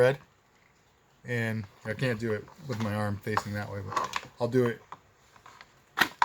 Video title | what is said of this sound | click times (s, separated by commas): Kydex Back Sheath -- Gil Hibben Old West Toothpick | like that you can see it's got some pop and it wants to come right off the sheet | 6.2 s